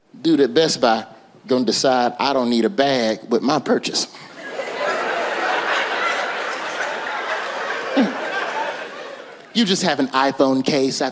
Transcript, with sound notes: Dude at Best Buy going to decide I don't need a bag with my purchase.
(LAUGHTER)
You just have an iPhone case.